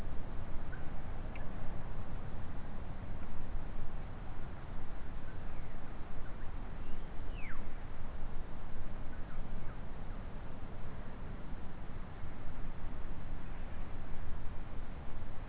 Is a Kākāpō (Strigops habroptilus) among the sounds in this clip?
no